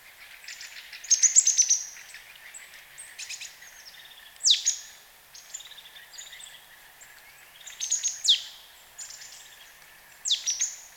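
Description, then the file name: Marsh tit giving several bursts of sharp high notes and downward-sweeping chirps, repeated every few seconds. "Poecile palustris"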